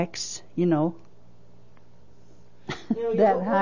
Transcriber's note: laughs